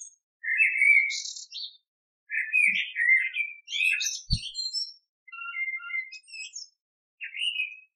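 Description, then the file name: Blackbird singing mellow whistled phrases that end in thin, scratchy high twitters, several short strophes separated by brief silences, with one low knock partway through. "kos cerny"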